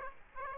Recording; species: mosquito wingbeat signal from an infrared sensor; Aedes aegypti